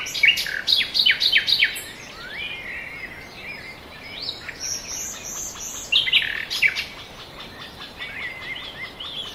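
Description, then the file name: Bird chorus opening with rapid sharp repeated chirps, then sliding whistled notes and another burst of fast chirping partway through. Forest birds. "ASMR Nature Noise - Forest Birds"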